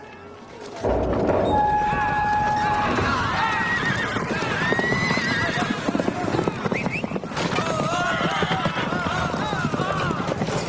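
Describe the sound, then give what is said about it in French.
Several horses whinny with high, wavering cries over a steady, dense clatter of hooves as they are driven off by Gauls, the galloping staying loud and continuous throughout, with voices mixed into the commotion. “Les Gaulois ne mangent pas les chevaux. Ils les chassent.”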